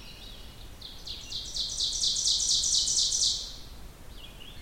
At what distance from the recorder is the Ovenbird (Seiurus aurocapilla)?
about 25 m